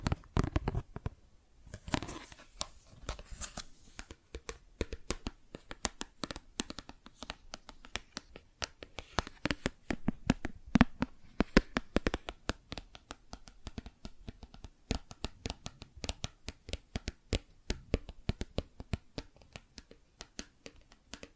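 Plastic objects are tapped and scratched in a dense, irregular run of sharp clicks and clacks that continues for the whole stretch. A few heavier knocks and scraping rustles come in the first few seconds, then the taps carry on at a brisk, uneven pace.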